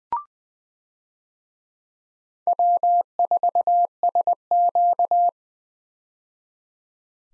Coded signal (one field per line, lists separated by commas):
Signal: Morse code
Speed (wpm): 20 wpm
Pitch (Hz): 700 Hz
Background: none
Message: W4SQ